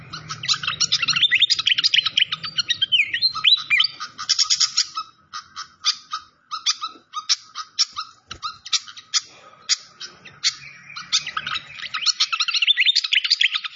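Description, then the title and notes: Malaysian pied fantail singing almost nonstop: fast, jumbled high chirps and squeaky twitters with brief thinner stretches, over a constant soft rushing background. Masteran (training recording), clear-voiced fantail mixed with trickling water sounds. "Masteran Sikatan Kipas Suara Jernih Dan Suara Gemericik Air. Suara Burung Sikatan Londo"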